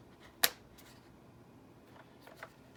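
A second small plastic gun accessory is pushed onto its mount on a Masters of the Universe Land Shark toy vehicle, giving one sharp, bright click at 0.4 s. It seats in place, followed by a couple of faint small ticks around 2.3–2.4 s against quiet background noise.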